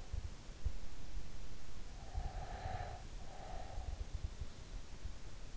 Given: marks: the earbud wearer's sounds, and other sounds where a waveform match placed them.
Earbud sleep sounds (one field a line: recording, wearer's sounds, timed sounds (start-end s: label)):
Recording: sounds in sleep by an in-ear microphone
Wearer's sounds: breath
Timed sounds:
2.16-3.96 s: breath